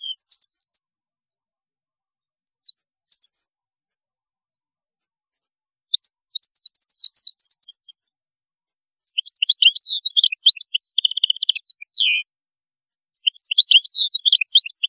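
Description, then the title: European goldfinch song: scattered high twitters building into dense, rapid liquid twittering phrases with a short buzzy descending note, separated by brief pauses. "Chant Chardonneret"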